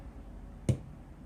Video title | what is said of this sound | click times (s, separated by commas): PREDATOR 212 BUILD, MISTAKES WERE MADE | Like that. That was a good click right there. | 0.7 s